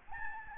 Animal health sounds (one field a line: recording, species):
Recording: mosquito wingbeat signal from an infrared sensor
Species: Aedes albopictus